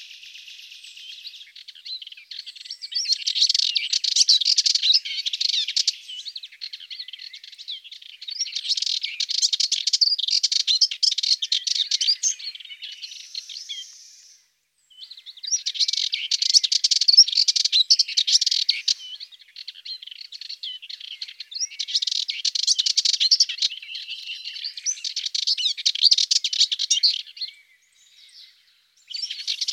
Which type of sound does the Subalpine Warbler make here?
song